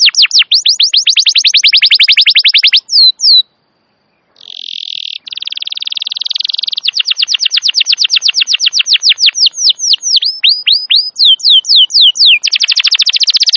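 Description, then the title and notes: Canary song with a rapid rolling trill, a brief pause, then a dense buzzy roll followed by descending whistled sweeps and another quick trill. Wild canary song used as a master recording for luring and training canaries; described as a long, highly active singer. "Pikat Kenari GACOR PANJANG INI Cocok Untuk Masteran KENARI LIAR. Masteran burung kenari gacor parah"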